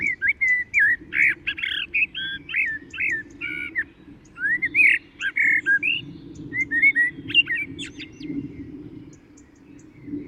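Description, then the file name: Common blackbird singing, a run of mellow whistled phrases repeated almost without pause over a steady low hum. "Turdus merula"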